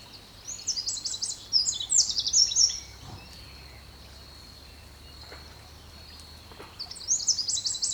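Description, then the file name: Eurasian wren giving high, harsh chattering bursts in the first three seconds and again near the end, with a steady thin tone between and soft background noise. "Troglodytes troglodytes"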